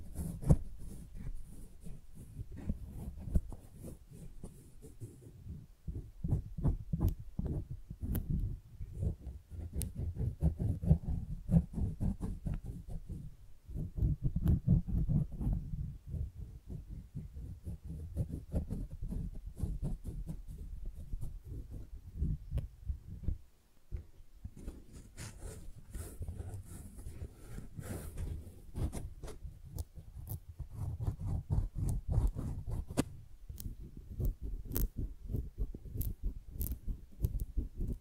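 Tingly flower sounds: dense, crinkly rustling and crisp snapping clicks that keep up an irregular, busy pace throughout. The texture is mostly low and papery, with brighter crackles around 24 to 30 seconds and a brief near-silent gap just before that.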